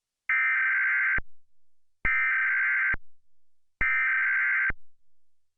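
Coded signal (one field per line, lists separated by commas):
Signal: Emergency Alert System (SAME) tones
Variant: header bursts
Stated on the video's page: Fictional scenario alert involving a mysterious signal hijack.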